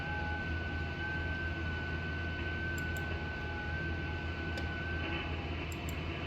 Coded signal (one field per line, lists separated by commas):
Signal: FT8